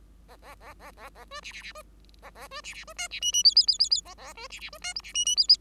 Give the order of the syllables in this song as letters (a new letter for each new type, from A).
A A A A A A B C C C B A A B C C B D C E E F F F F F A A B C C B D G C E E F F